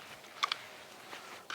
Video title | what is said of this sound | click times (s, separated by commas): Ram Promaster Work/Travel Van Build - Ep.3 Rear Seats | it's adjustable on the right hand and it clicks into place on the left | 0.4 s, 0.5 s